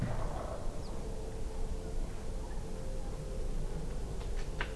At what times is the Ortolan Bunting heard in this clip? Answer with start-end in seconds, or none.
0.83-0.92